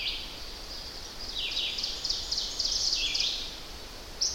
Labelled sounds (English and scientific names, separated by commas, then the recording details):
Ovenbird (Seiurus aurocapilla) song
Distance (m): 60 m
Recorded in boreal forest in Alberta, Canada, on 10 June 2016 at 06:57
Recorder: SongMeter 3, array SBT-3-39
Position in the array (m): 196 m, 89 m
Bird 17